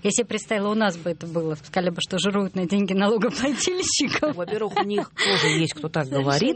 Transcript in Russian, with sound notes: Я себе представила, у нас бы это было – сказали бы, что жируют на деньги налогоплательщиков. (смеется) Во-первых, у них тоже есть, кто так говорит.